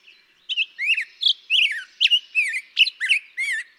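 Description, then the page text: Black-headed grosbeak singing a flowing series of rich, swooping whistled notes, each phrase slurring up or down, delivered without a break. Daytime singing, May 17, 2016, on Mt. Graham, Arizona. "Black-headed Grosbeak. Daytime singing, example 2. May 17, 2016. Mt. Graham, Arizona"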